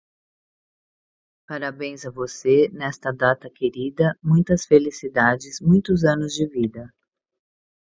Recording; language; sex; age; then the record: short text; Brazilian Portuguese; female; 50 to 59 years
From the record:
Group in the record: control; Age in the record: 59 years